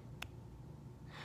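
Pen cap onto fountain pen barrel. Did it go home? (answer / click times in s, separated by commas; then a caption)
yes / 0.2 s. A cap is pushed onto a fountain pen barrel, giving a single sharp click at 0.2 s that shows it is securely fastened. The cap seats fully, keeping the ink from bleeding out or drying. A soft breathy hiss follows near the end.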